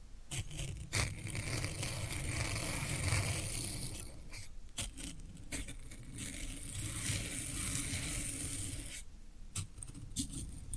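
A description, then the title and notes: Floral foam being handled, a dense, continuous crumbly scraping and crunching with sharp bright clicks and snaps every second or so. ASMR Satisfying Tingle Stimulating Floral Foam Sounds for Sleep (No Talking).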